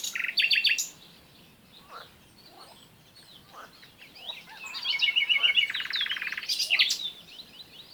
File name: Luscinia megarhynchos